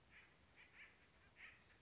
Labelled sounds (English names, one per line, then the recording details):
Acorn Woodpecker
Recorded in Sonoma County, California